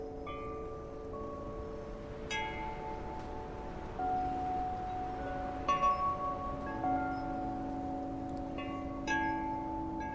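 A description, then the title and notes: Wind chimes ring in the wind, their metal tones overlapping and sustaining into a shimmering cluster. New strikes land every second or two, notably around 2, 4, 6 and 9 seconds, adding bright attacks over the lingering notes, with a soft windy hiss underneath. Autumn Wind Chimes. Then, we leave you with the sounds of wind chimes in an autumn wind.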